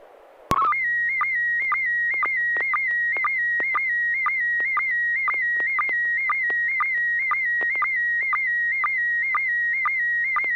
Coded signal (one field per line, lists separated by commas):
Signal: SSTV (slow-scan television)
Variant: PD 120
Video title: N6NA SSTV Net - 01/05/2022